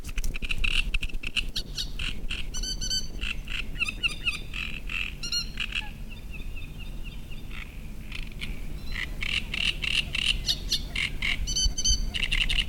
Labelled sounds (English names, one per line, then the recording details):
Great Reed Warbler
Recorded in the wild
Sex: male
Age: adult
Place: Müggelsee, Berlin, DE
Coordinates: 52.43, 13.64
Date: 1991-06-07 19:25
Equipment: Uher 4400 Report Monitor, Sennheiser ME 80, K 30 AV
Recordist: Fischer, Stefan
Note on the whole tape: Bestand 23/24: Tier M 1635 - wohl nicht verpaart, Gesang, fliegt in nächsten Bestand